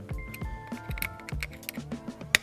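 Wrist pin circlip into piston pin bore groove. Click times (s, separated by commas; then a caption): 2.4 s. A steel circlip that was not fully seated in the wrist-pin groove of a Porsche 3.2 piston is pressed the rest of the way in, with light scattered ticks and taps over background music. It snaps into its groove with a loud, sharp click at 2.4 s, and the circlip is seated.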